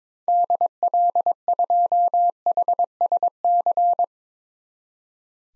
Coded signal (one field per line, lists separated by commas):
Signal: Morse code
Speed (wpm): 22 wpm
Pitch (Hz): 700 Hz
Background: none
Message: DL2HSC